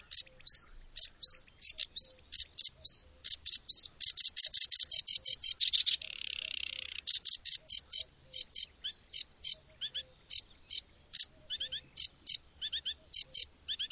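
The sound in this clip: Bird calls: rapid high chirps and short rising-falling whistled notes in quick series, with a dense buzzy trill in the middle before the chirping resumes.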